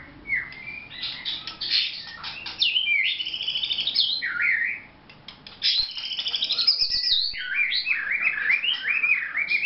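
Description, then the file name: White-rumped shama song, loud and rich: fluid whistled phrases sweeping up and down, twisting warbled notes and quick trills, pausing briefly midway before resuming. Vietnam. "shama vietnam omkicau"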